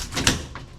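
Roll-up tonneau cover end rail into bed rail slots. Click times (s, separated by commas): 0.3 s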